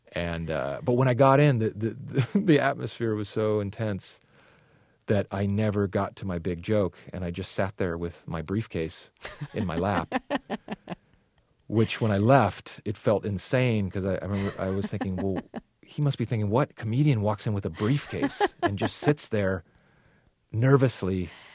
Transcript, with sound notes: but when I got in, the atmosphere was so intense that I never got to my big joke and I just sat there with my briefcase in my lap.
(SOUNDBITE OF LAUGHTER)
Which when I left, it felt insane because I remember I was thinking well, he must be thinking what comedian walks in with a briefcase and just sits there nervously?